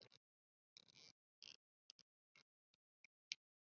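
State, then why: Partly seated. A plastic toy weapon's peg is pushed into the port on an action figure's back, with a series of short plastic clicks and rubs. The sharpest click comes at 3.3 s. The peg goes in only partly and is not fully seated.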